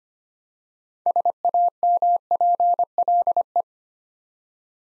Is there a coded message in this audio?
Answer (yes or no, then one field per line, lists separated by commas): yes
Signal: Morse code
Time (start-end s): 1.1-3.6 s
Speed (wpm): 25 wpm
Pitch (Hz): 700 Hz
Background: none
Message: SAMPLE